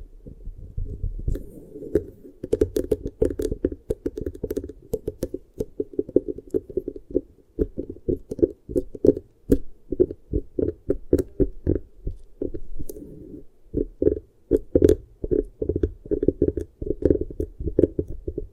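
Beeswax is pressed and squished in quick, uneven bursts, a soft muffled crackle and squelch that rarely pauses for long. The sound stays low and thick with occasional sharper clicks on top, and dips briefly around 7 and 13 seconds before resuming.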